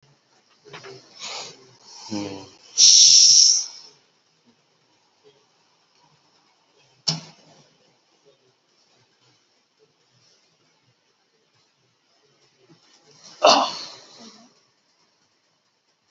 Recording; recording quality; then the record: shallow breathing; excellent, no background noise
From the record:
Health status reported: COVID-19 positive, mild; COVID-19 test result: positive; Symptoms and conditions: cough, cold, fever, hypertension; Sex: male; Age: 42 years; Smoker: not ticked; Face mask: not worn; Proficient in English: yes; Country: India